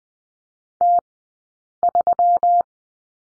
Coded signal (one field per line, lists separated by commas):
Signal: Morse code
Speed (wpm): 20 wpm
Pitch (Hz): 700 Hz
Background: none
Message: T3